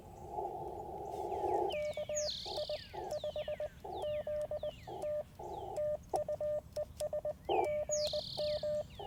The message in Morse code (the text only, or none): KI5ZT TU ES GM